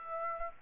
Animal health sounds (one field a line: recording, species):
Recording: mosquito wingbeat signal from an infrared sensor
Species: Aedes aegypti